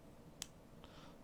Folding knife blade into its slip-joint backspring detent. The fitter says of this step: zero tolerance again this is a cheap suite blade on a drop point it has two uh two clicks